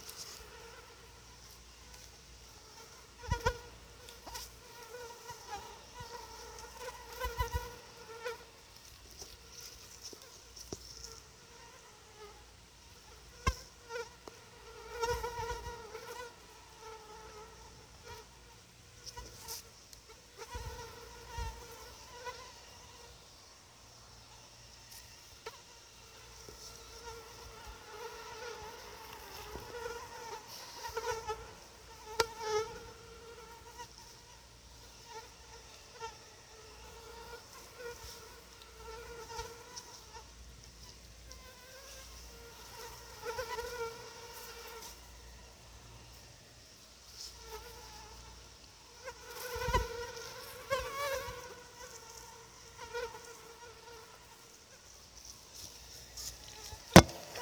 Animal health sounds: mosquito flight sound by mobile phone; Anopheles quadriannulatus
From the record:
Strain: SANQUA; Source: CDC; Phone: Sony Xperia

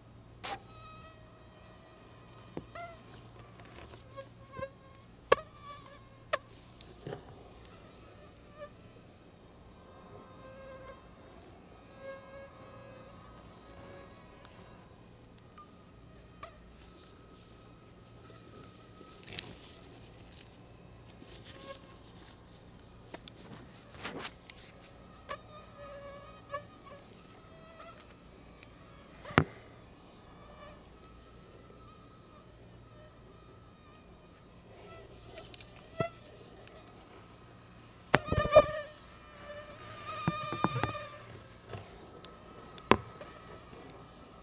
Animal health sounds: mosquito flight sound by mobile phone; Aedes albopictus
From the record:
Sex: female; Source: CDC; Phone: Google Nexus

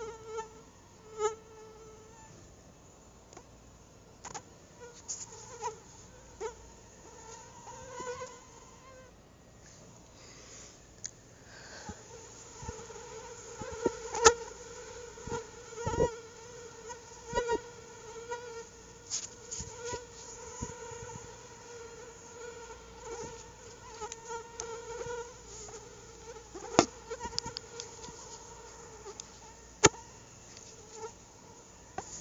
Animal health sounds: mosquito flight sound by mobile phone; Anopheles atroparvus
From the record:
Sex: female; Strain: EBRO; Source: CDC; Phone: Google Nexus

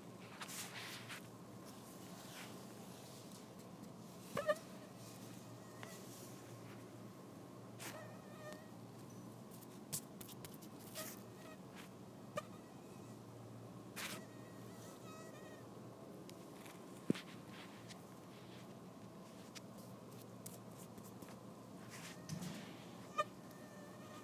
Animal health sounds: mosquito flight sound by mobile phone; Anopheles farauti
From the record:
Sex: female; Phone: iPhone 4S

